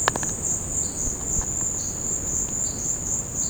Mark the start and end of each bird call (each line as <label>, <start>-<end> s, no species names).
bird call, 0.81-1.13 s
bird call, 1.73-2.16 s
bird call, 2.64-3.00 s